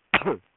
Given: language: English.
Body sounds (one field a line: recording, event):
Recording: throat vibration sensor signal played as sound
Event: cough